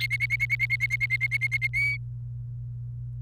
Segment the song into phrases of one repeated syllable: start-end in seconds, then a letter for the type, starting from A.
0.00-1.67 A, 1.73-1.97 B